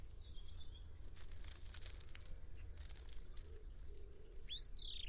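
Bird trill, then calls: a long, fast, high trill fades away, followed by two loud downward-sweeping notes.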